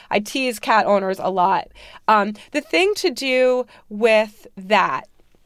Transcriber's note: none